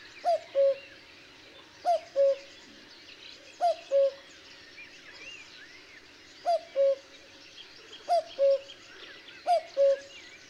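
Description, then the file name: Cuckoo repeating its falling two-note cuck-oo six times, with one longer pause, backed by busy chirps and squeaky calls of other birds. "minutes of cuckoos"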